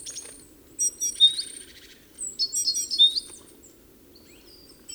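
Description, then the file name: Great tit calls: two bursts of high chirps and whistled notes, the second a quick run of repeated notes, with low background noise throughout. "Parus major"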